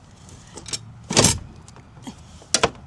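A small retaining pin is worked into the battery box holding a new house battery in an RV van, with faint metallic rattles and light knocks, then a louder scraping burst around 1.2 s. A sharp click lands at 2.5 s, followed by a second tap just after, but the pin does not go all the way in because the cables are in the way.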